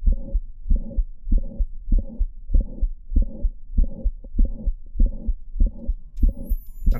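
Adult heart by stethoscope, about 97 beats per minute. Mitral valve prolapse with myxomatous degeneration in a patient with Marfan syndrome. On standing again, the click and the late systolic murmur shift toward the first heart sound, and the murmur becomes almost pansystolic.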